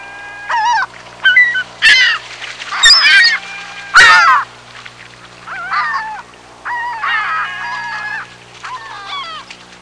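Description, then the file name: Gull calls: a series of harsh, yelping cries at irregular intervals, the later ones softer. "Seagulls"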